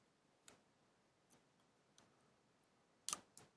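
During reassembly after a USB repair on a BlackBerry PlayBook 64GB tablet, an internal part (board, connector or housing clip) is pressed home into the tablet housing. Faint ticks sound at about 0.5 s and 2.0 s, then a sharp, bright click at 3.1 s, followed by a smaller tick at 3.4 s. The part seats into place at 3.1 s.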